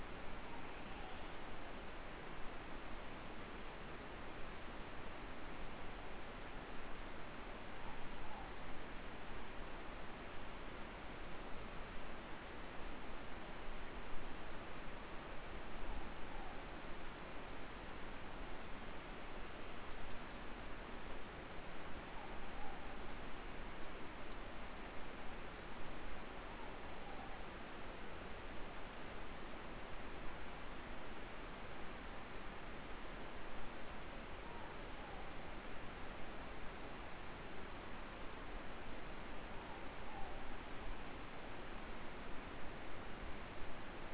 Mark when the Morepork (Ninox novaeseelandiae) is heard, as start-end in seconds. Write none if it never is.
0.40-1.28, 7.67-8.65, 15.81-16.83, 22.06-22.99, 26.41-27.45, 34.40-35.34, 39.57-40.44